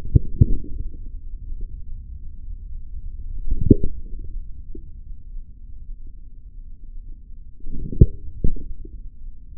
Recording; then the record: forearm muscle sounds (acoustic myography)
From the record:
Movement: forearm pronation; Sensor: system 3, bracelet of six PUI Audio POM-2738L microphones around the upper forearm, with dedicated amplification and filtering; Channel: 1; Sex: male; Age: 43 years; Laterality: right